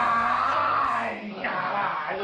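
A man screams loudly in a harsh, strained voice, one long continuous yell that holds for about two seconds with only a slight dip before trailing on.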